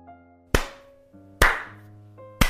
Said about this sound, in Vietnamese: Tiếng vỗ tay bất chợt phát ra khiến Nam dừng lại.